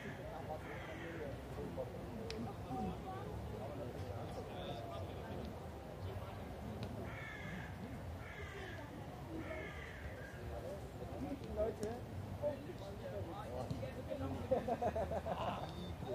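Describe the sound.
People pass by in a park, with overlapping fragments of conversation forming a steady murmur throughout. Brief brighter calls, possibly crows, break in around two, seven to ten, and near fifteen seconds, over a constant low rumble.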